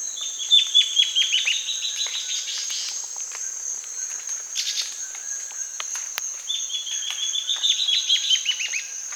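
Bird song: two phrases of rapid, descending chirped notes, over a continuous high-pitched insect drone.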